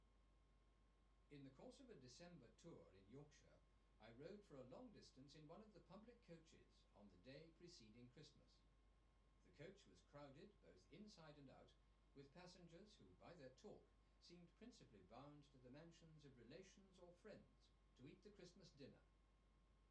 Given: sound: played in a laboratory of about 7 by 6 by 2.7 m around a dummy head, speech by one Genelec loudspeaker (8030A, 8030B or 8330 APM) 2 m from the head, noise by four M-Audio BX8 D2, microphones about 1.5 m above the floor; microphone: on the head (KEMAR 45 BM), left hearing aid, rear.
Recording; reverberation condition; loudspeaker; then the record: male speech in English; low; 30 degrees to the right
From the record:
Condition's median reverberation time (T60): about 310 ms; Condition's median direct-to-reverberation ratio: about 3.5 dB